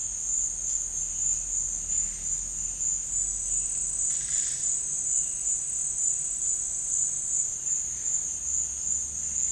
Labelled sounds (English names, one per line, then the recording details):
none
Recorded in dense forest near Puerto Asís, Putumayo, Colombia, on 12 March 2025 at 14:30
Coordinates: 0.484, -76.317
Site G064